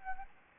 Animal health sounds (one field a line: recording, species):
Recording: mosquito wingbeat signal from an infrared sensor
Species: Anopheles gambiae